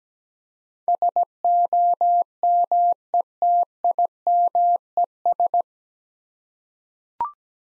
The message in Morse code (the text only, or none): SOMETIMES